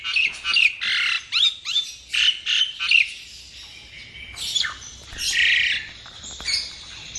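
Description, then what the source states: Bird song made of rapid squawky chirps and sweeping notes in quick bursts, followed by harsher scratchy phrases over a steady background hiss. Masteran, training songs for cage birds.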